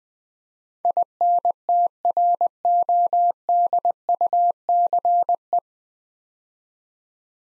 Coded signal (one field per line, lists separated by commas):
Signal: Morse code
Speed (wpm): 20 wpm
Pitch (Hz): 700 Hz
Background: none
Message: INTRODUCE